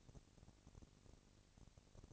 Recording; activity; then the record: daily activity, microphone in the room; no activity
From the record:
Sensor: 4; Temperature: 22.5 degrees Celsius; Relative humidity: 33.3%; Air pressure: 999.6 hPa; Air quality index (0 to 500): 231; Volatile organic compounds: 21 ppm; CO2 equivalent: 2707 ppm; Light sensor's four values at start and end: 2/3/1/1 and 2/3/1/1